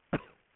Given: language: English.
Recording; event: throat vibration sensor signal played as sound; cough